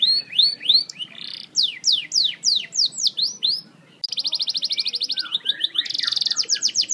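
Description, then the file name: Canary song with loud descending whistled sweeps repeated in series, a brief pause, then a fast even trill and bright repeated notes. Snow White canary. "kenari snow white"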